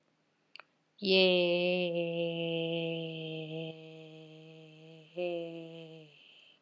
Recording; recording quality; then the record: sustained vowel as in made; excellent, no background noise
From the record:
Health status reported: healthy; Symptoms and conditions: none ticked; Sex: female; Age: 52 years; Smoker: not ticked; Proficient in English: yes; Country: India